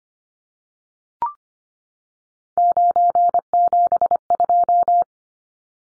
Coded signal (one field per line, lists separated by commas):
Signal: Morse code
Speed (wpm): 25 wpm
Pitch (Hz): 700 Hz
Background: none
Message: 972